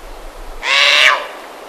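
Verreaux's sifaka giving a single loud, harsh call of about half a second, tonal with rich harmonics and a noisy edge, ending abruptly against a quiet background.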